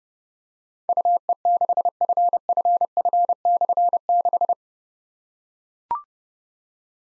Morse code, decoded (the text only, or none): UE6FFF/6